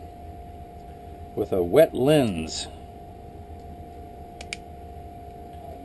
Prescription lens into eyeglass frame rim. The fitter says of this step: let me see that pops into place